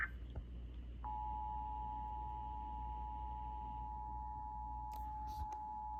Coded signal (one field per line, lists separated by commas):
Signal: Emergency Alert System (SAME) tones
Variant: 853 and 960 Hz attention tone